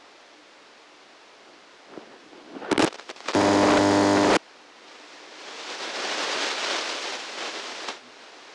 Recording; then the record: brain microelectrode recording played as sound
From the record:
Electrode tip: outside the subthalamic nucleus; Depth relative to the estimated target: -6 mm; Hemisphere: left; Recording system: NeuroSet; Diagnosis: Parkinson's disease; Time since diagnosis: 9 years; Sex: male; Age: 61 years